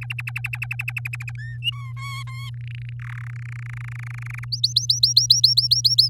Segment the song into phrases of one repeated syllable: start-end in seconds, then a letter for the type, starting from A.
0.01-1.31 A, 1.37-1.58 B, 1.62-1.92 C, 1.97-2.50 D, 2.54-2.93 E, 2.99-3.28 F, 3.29-4.45 G, 4.52-6.09 H